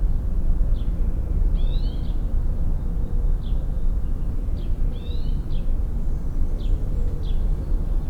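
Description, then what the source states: Common blackbird uttering short high chirps and paired rising notes, repeated irregularly, against a constant low traffic-like rumble. Recorded at Rue Henri Jomain, Niévroz.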